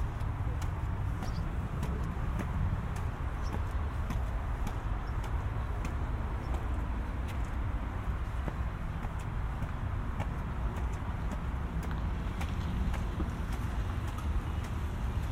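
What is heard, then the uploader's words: Walking home through suburban streets, a steady low traffic rumble fills the scene while faint, regular footsteps tick along throughout. Walking home from the mall. A binaural recording of a walk from Cross County Mall to our house in Mount Vernon. An hour long walk through lower Westchester County, in the suburbs of New York City.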